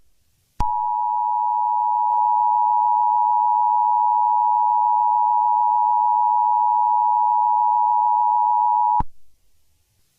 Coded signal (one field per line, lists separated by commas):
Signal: Emergency Alert System (SAME) tones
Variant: 853 and 960 Hz attention tone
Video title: Emergency Alert System Test Lemontown Scenario